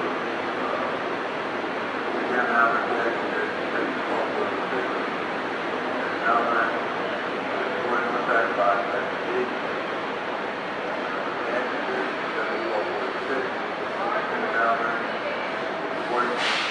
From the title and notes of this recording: Suburban Station train platform, 15th Street and JFK Boulevard. This is a place where robotic announcements are always spinning around in the air, not to mention the characteristic rhythms and melodies of train noise.